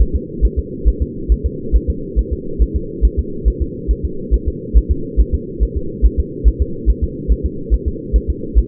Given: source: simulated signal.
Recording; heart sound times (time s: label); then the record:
fetal heart sounds
0.02 s: S1
0.16 s: S2
0.45 s: S1
0.59 s: S2
0.88 s: S1
1.02 s: S2
1.32 s: S1
1.46 s: S2
1.76 s: S1
1.90 s: S2
2.19 s: S1
2.33 s: S2
2.62 s: S1
2.76 s: S2
3.05 s: S1
3.19 s: S2
3.48 s: S1
3.62 s: S2
3.91 s: S1
4.05 s: S2
4.34 s: S1
4.48 s: S2
4.77 s: S1
4.92 s: S2
5.21 s: S1
5.34 s: S2
5.63 s: S1
5.77 s: S2
6.06 s: S1
6.20 s: S2
6.48 s: S1
6.62 s: S2
6.90 s: S1
7.04 s: S2
7.32 s: S1
7.46 s: S2
7.74 s: S1
7.88 s: S2
8.16 s: S1
8.30 s: S2
8.59 s: S1
From the record:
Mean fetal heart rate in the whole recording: 140 bpm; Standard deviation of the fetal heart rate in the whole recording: 2 bpm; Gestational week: 34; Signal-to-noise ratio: -4.3 dB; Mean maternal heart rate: 72 bpm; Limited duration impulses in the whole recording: absent